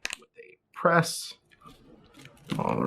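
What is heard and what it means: A laptop keycap with its stabilizer arms hooked on both sides is laid flat and pressed down onto an HP Pavilion 15-CX keyboard (4B NEZ01.001-A02). Two sharp click hits come close together at about 0.1 s as the keycap snaps into place, and then someone talks. The keycap is seated.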